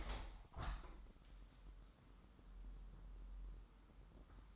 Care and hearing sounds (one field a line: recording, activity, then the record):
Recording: daily activity, microphone in the room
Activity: open window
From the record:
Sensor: 3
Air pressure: 998.2 hPa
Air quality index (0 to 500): 146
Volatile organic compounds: 5 ppm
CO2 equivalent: 1751 ppm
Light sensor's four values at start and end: 13/39/15/14 and 13/39/15/14